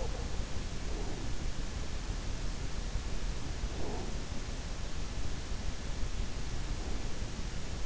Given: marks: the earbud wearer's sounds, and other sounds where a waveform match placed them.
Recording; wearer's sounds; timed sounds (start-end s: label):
sounds in sleep by an in-ear microphone; breath
0.00-1.42 s: breath
3.62-4.39 s: breath
6.66-7.24 s: breath